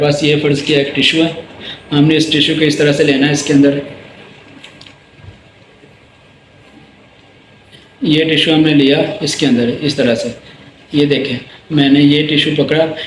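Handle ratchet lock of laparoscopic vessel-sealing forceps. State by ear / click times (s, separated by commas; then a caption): seated / 4.6 s, 4.8 s, 4.9 s. A piece of tissue is gripped in the jaws of a laparoscopic vessel-sealing forceps, and the handle is squeezed until its ratchet locks. Someone talks before and after, with a quiet gap in between where a rapid series of short clicks is heard at 4.6, 4.8 and 4.9 seconds. The handle ratchet locks.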